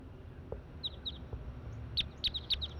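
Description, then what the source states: Crossbill calls, short high chirps given singly and in quick clusters, growing busier toward the end over low background rumble. Bird at the net, with a flock of seven or eight or more wild crossbills in the treetops above, about 7:20.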